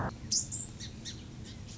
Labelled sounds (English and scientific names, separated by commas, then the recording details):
Song Sparrow (Melospiza melodia)
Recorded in Sonoma County, California